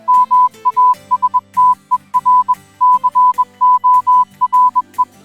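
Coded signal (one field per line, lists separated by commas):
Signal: Morse code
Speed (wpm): 21 wpm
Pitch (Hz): 1000 Hz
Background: music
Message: MASTER CORE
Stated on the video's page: Hidden secret tucked into Nintendo Mario or Zelda game music as an Easter egg.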